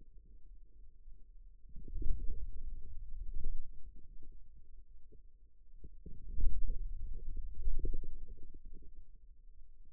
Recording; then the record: forearm muscle sounds (acoustic myography)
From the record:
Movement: wrist flexion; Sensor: system 2, bracelet of six BSWA MPA416 microphones around the upper forearm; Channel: 5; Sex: male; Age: 22 years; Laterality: right